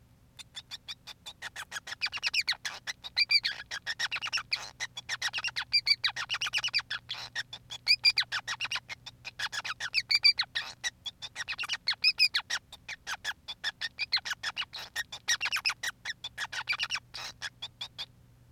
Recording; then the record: song of a male Bengalese finch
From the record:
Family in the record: son of father 5